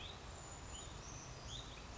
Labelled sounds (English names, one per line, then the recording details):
Brown Creeper
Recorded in Sonoma County, California